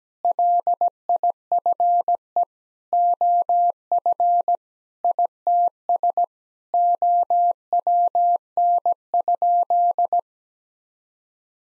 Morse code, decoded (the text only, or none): LIFE OF ITS OWN?